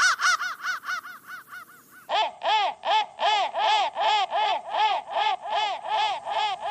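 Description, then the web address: Crow caws: a run of higher harsh notes, a short pause, then lower, fuller caws repeated steadily. "soundfactory crow"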